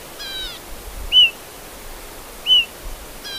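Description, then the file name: Bushchat call: two short upslurred whistled notes about 1.3 seconds apart, with a buzzy, stacked-note call at the start and end. "decu call omkicau"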